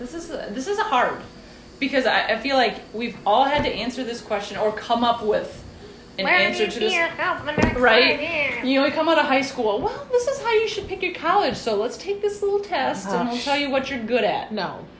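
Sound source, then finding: Adult woman speaking. Typical speech.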